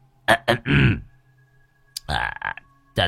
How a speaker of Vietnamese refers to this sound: Ông hắng giọng.